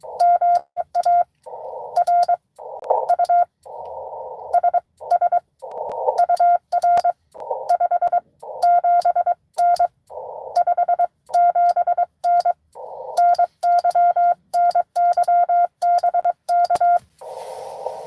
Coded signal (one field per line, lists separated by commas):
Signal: Morse code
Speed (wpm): 23 wpm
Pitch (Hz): 700 Hz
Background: radio noise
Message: MARU SS UR 57N 57N NY NY BK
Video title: N2AKJ is live! Doing pota at us-2114 #pota #cw #licw